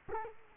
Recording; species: mosquito wingbeat signal from an infrared sensor; Culex quinquefasciatus